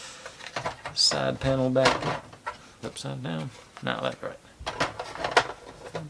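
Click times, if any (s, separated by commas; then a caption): 5.4 s. Someone talks while a plastic side panel is fitted back onto a Star Wars Slave I toy spaceship after a check of its orientation. A few small plastic clicks lead to a louder snap at 5.4 seconds, and the panel is seated in place.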